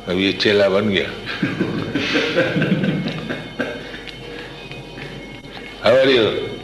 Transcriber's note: laughter